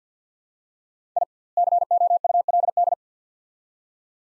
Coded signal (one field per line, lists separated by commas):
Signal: Morse code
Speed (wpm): 50 wpm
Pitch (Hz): 700 Hz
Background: none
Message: I COULD